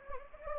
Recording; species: mosquito wingbeat signal from an infrared sensor; Anopheles gambiae